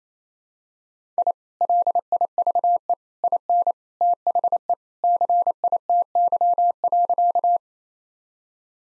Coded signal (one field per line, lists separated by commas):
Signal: Morse code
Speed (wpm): 28 wpm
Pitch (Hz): 700 Hz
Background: none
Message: I LIVE IN THE CITY.